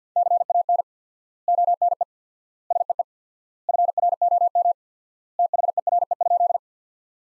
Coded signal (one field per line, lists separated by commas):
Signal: Morse code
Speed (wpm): 50 wpm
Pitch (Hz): 700 Hz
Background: none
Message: CAN ONE SEE FROM THERE?